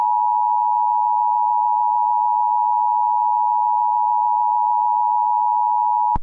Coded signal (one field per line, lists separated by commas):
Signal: Emergency Alert System (SAME) tones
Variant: 853 and 960 Hz attention tone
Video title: EAS Scenario 2: Teenage Outlaws